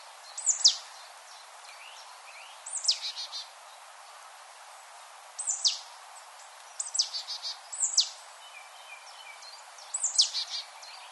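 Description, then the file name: Marsh tit calls: brief sharp high downslurred notes, some with short buzzy tails, at irregular intervals over a steady hiss. "Poecile palustris"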